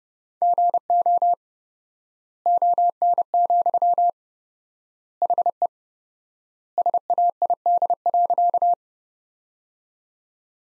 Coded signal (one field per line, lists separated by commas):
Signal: Morse code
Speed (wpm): 32 wpm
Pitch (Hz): 700 Hz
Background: none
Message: GO ON, HE SAID.